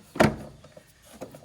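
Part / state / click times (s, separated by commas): plastic air box piece into the air filter housing / seated / 0.2 s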